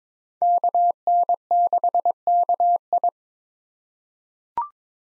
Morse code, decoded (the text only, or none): KN6KI